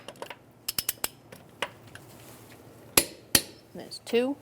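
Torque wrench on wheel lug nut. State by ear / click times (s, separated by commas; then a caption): torque reached / 3.0 s, 3.3 s. A torque wrench set to 83 ft-lb tightens the second lug nut on the wheel of a 2007-2012 Nissan Altima, following a star pattern after a front brake hose replacement. A few lighter mechanical ticks come first, then the wrench gives sharp clicks at 3.0 s and 3.4 s, confirming the nut has reached the set torque. Someone talks at the end.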